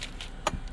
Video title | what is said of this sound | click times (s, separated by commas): Chevrolet Traverse - HOW TO ENGAGE / DISENGAGE PARKING (EMERGENCY) BRAKE (2009 - 2017) | To disengage it, press, click, | 0.5 s